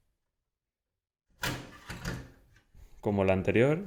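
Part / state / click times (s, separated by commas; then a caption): drive bay adapter into desktop PC drive bay / not seated / none. A drive bay adapter is lined up and slid into a drive bay of an HP ProDesk 600 G1 TWR desktop PC, giving sliding and knocking sounds with sharp knocks near 1.4 s, 1.9 s and 2.6 s. Someone talks throughout. Nothing has seated or clicked yet.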